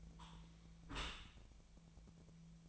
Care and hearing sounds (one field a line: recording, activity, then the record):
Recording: daily activity, microphone in the room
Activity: close dishwasher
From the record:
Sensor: 1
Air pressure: 1000.5 hPa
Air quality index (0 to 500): 182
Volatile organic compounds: 4 ppm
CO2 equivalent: 1680 ppm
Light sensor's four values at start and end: 11/27/11/13 and 11/27/11/13